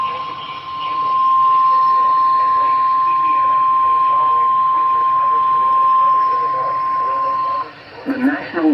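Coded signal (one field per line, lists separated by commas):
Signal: Emergency Alert System (SAME) tones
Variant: 1050 Hz attention tone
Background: speech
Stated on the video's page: Received from NOAA weather radio stations on 162.525, 162.475, 162.425, 162.500 and 162.550 MHz in Illinois.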